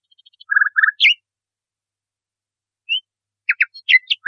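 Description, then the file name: Nightingale song in short bursts: two quick rattling note clusters and a sharp slurred note, a silence, then a jumble of varied chips and slurred notes. Masteran recording, used for training cage birds. "suara masteran nightingale"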